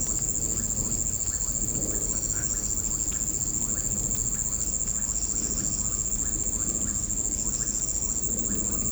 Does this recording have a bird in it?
no